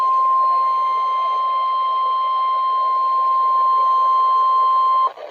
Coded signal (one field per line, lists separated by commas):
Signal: Emergency Alert System (SAME) tones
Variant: 1050 Hz attention tone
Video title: FIRST TEST OF SPRING APRIL 2023 (EAS #04-05) EAS Tests from 04/06/2023 (BHV) (Pretend the Public)